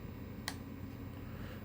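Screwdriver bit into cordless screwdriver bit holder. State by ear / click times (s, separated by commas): seated / 0.5 s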